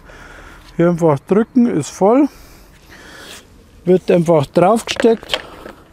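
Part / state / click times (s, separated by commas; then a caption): battery pack into cordless leaf blower / not seated / none. Someone talks while a lithium battery pack is handled at the plastic battery slot of an EGO LB7650E cordless leaf blower, with quiet background noise between phrases and a faint short sound at the very end. The pack has not seated or clicked into the blower yet.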